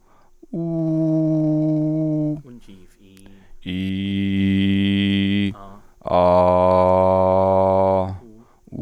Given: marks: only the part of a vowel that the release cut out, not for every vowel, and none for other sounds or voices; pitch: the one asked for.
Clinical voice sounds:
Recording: sustained vowels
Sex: male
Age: 30 to 39 years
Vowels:
0.56-2.33 s: vowel /u/, high pitch
3.74-5.42 s: vowel /i/, low pitch
6.31-7.94 s: vowel /a/, low pitch
From the record:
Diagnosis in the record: stuttering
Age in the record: 35 years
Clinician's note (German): Stimmlippen ohne Befund

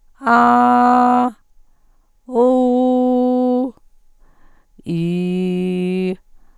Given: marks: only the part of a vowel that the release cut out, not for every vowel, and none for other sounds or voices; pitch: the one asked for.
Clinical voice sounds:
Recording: sustained vowels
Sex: female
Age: 50 to 59 years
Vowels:
0.35-1.17 s: vowel /a/, high pitch
2.49-3.55 s: vowel /u/, high pitch
4.96-6.04 s: vowel /i/, low pitch
From the record:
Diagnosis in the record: recurrent laryngeal nerve paralysis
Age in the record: 59 years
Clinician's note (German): Vorbekannte alte Parese re, z.B. zentral laryngale Bewegungsstörung bei Acustikusneurinom li

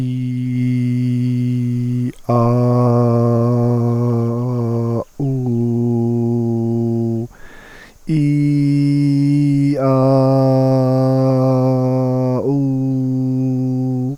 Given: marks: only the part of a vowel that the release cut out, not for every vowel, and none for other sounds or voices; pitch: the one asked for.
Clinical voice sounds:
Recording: sustained vowels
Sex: male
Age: 30 to 39 years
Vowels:
0.00-1.96 s: vowel /i/, normal pitch
2.52-4.46 s: vowel /a/, normal pitch
5.46-7.14 s: vowel /u/, normal pitch
8.23-9.57 s: vowel /i/, high pitch
10.25-12.27 s: vowel /a/, high pitch
12.60-14.00 s: vowel /u/, high pitch
From the record:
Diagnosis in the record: dysphonia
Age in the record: 36 years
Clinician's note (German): Multifaktoriell

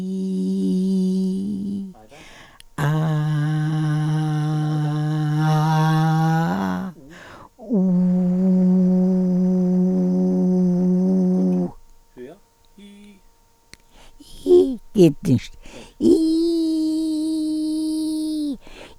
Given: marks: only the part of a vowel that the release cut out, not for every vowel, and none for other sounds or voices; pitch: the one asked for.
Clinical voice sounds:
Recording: sustained vowels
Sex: female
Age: 80 to 89 years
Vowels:
0.00-1.26 s: vowel /i/, normal pitch
3.36-5.27 s: vowel /a/, normal pitch
8.53-10.49 s: vowel /u/, normal pitch
16.61-18.41 s: vowel /i/, high pitch
From the record:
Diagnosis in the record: presbyphonia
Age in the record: 84 years

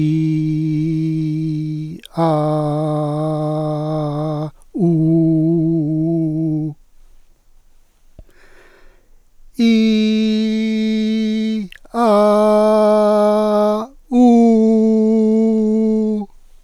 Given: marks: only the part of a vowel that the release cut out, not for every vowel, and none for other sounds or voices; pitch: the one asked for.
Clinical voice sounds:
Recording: sustained vowels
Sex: male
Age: 60 to 69 years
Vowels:
0.00-1.67 s: vowel /i/, normal pitch
2.28-3.84 s: vowel /a/, normal pitch
4.92-6.55 s: vowel /u/, normal pitch
9.83-11.46 s: vowel /i/, high pitch
12.21-13.61 s: vowel /a/, high pitch
14.33-16.03 s: vowel /u/, high pitch
From the record:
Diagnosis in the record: healthy voice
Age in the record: 65 years

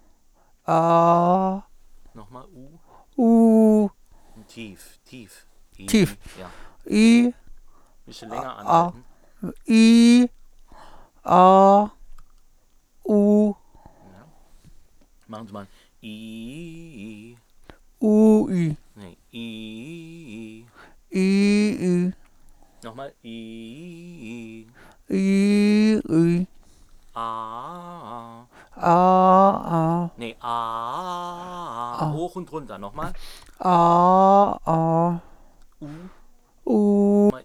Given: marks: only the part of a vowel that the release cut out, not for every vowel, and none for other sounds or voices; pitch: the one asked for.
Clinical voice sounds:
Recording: sustained vowels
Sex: male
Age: 30 to 39 years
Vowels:
0.77-1.48 s: vowel /a/, high pitch
3.24-3.82 s: vowel /u/, high pitch
9.73-10.23 s: vowel /i/, low pitch
11.33-11.83 s: vowel /a/, low pitch
21.21-22.04 s: vowel /i/, low-high-low pitch
33.72-35.05 s: vowel /a/, low-high-low pitch
36.74-37.27 s: vowel /u/, low-high-low pitch
From the record:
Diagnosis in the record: mutational falsetto, hypernasality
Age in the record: 38 years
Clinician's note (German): Mutationsfistelstimme bei eingeschränkter phonatorischer Kontrolle; Rhinophonie aperta

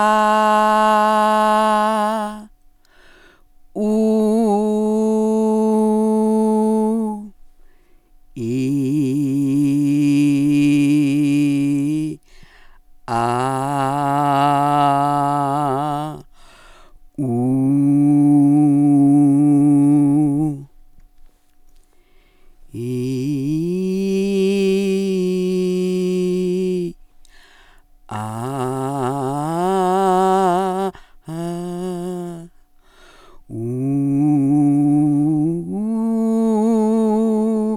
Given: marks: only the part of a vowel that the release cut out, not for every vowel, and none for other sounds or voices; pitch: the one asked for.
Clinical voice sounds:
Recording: sustained vowels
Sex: female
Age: 60 to 69 years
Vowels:
0.59-2.08 s: vowel /a/, high pitch
5.02-6.88 s: vowel /u/, high pitch
10.31-11.98 s: vowel /i/, low pitch
14.62-15.96 s: vowel /a/, low pitch
18.03-19.99 s: vowel /u/, low pitch
24.50-26.71 s: vowel /i/, low-high-low pitch
28.83-29.88 s: vowel /a/, low-high-low pitch
34.13-37.05 s: vowel /u/, low-high-low pitch
From the record:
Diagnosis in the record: healthy voice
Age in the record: 65 years

